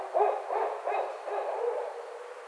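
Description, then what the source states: Barred owl hoots, muffled and wavering, set against a steady hiss of background noise. Recorded 29 May 2009.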